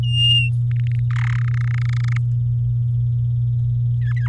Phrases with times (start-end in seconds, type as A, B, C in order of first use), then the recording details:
0.03-0.50 A, 0.71-0.99 B, 1.10-1.37 C, 1.38-2.17 D, 4.01-4.28 E. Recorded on 8 May 2018 at 15:29. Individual llb16